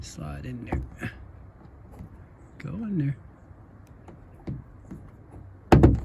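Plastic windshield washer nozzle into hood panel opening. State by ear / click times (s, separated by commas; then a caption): seated / 5.7 s, 5.8 s. A new plastic windshield washer nozzle is pushed into its hole in the hood panel of a 2008 Dodge Nitro while someone talks, with a few faint taps and rustles. A sharp, loud snap at 5.7 s and a second hit at 5.8 s mark the nozzle seating in place.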